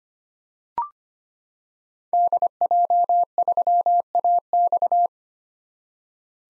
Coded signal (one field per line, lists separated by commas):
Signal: Morse code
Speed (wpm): 25 wpm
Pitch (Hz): 700 Hz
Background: none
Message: DJ3AX